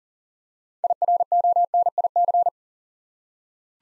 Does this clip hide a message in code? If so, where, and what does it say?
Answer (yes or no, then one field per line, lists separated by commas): yes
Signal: Morse code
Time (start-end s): 0.8-2.5 s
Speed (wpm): 42 wpm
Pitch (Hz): 700 Hz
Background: none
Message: IRONIC